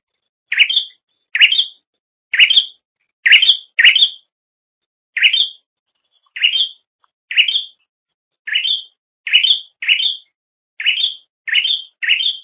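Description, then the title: Bird repeats clipped upward chirps in a long series over a quiet background. "kikicau"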